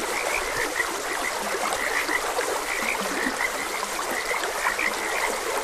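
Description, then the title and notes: Frog chorus of rapid bright chirping croaks and a few low rasping ones, never pausing, with trickling water throughout. Frogs croaking beside a gentle stream. "Gentle Stream and Frogs Croaking - Calming Sounds of Nature. Sleep and Relaxation Podcast"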